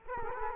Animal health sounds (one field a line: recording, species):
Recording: mosquito wingbeat signal from an infrared sensor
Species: Culex quinquefasciatus